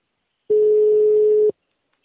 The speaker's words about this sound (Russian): Надоели уже эти гудки постоянные. С ума сошли, наверное.